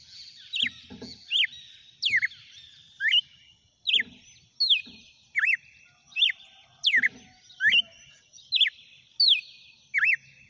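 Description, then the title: Red-cowled cardinal whistling loud downslurred notes, several with a rising hook, about one every 0.8 seconds, with some low bumps. Female singing. "Canto Galo Campina Fêmea. GALO DE CAMPINA CANTANDO e BATENDO FOGO?"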